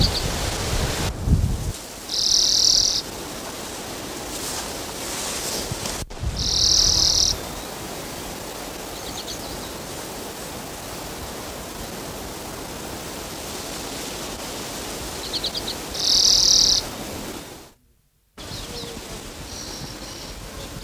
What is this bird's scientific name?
Carduelis flammea